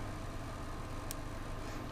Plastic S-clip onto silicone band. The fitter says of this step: Okay. Yeah. Slight click.